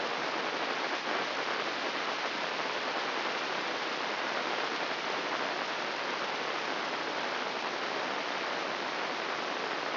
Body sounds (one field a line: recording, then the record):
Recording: brain microelectrode recording played as sound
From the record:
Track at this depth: outside the subthalamic nucleus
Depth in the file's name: 0.115 mm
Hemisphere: left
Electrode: 3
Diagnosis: Parkinson's disease